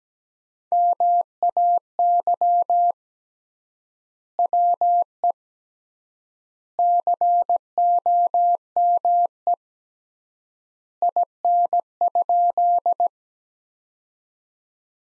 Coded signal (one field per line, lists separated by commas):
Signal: Morse code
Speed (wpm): 17 wpm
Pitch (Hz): 700 Hz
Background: none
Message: MAY WE COME IN?